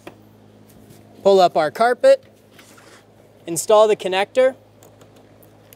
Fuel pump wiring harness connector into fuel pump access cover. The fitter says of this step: push until you hear a click if you don't hear a click give it a pull make sure it's locked on